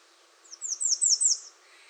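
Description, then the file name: American redstart giving one high song phrase of five downslurred notes that grow louder toward the end. Recorded 21 June 2019. "2019-06-21 American Redstart"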